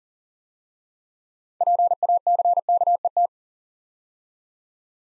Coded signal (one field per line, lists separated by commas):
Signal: Morse code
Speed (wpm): 40 wpm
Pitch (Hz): 700 Hz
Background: none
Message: PACKET